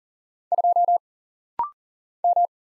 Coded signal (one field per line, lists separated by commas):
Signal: Morse code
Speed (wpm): 40 wpm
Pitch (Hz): 700 Hz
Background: none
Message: 2 M